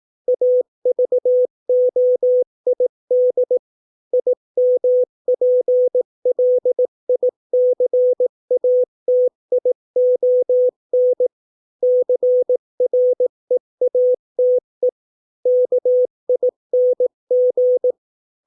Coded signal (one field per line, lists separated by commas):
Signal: Morse code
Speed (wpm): 18 wpm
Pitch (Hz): 500 Hz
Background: none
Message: AVOID IMPLICATION CREATE KING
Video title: 200 words 18 WPM (Morse code practice)